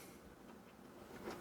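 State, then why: Not seated. A drive in its tray is lined up with the drive bay of a be quiet! Dark Base 701 case, so its small tab can click into the slot in the case's drive area. Only faint handling noise is heard, with soft scraping around 0.5 s and 1.3 s and no sharp click. Nothing has seated or clicked yet.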